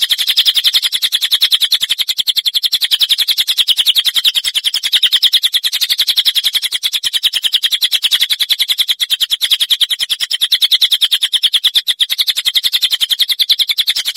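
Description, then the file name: Songbird: bird song: a dense, unbroken stream of high, rapid chirps and trills, several notes per second, continuing without pause. Powerful song. "masteran dahsyat cililin omkicau"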